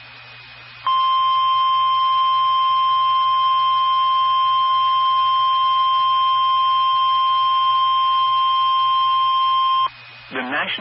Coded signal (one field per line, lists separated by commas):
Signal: Emergency Alert System (SAME) tones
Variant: 1050 Hz attention tone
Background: speech